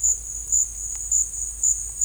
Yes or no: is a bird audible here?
no